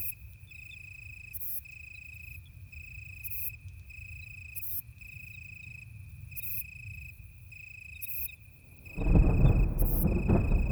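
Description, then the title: Italian tree cricket trilling in even, clear bursts. A recurring high buzzy chirp accompanies it, and a loud low rumble swells near the end. Sung in deep darkness on a moonless night during a thunderstorm with occasional lightning; a vineyard bush cricket is also audible in the background. "naturophonie. Un grillon sous l'orage"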